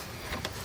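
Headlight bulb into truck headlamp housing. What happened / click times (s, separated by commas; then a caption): The twist-lock fitting snapped into its locked position / 0.4 s. A headlight bulb is inserted into the headlamp housing of a 2015 GMC Sierra 1500 truck and turned clockwise until it twist-locks. A soft rustle of handling comes just before a single sharp click at 0.4 s, which marks the bulb locking into place, seated in the housing.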